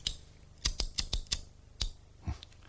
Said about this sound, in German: Zu dumm. Kein Gas mehr im Feuerzeug. Hast du Streichhölzer in der Handtasche?